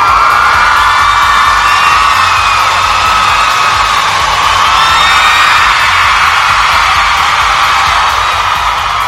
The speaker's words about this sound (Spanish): Es más, una ovación para ti.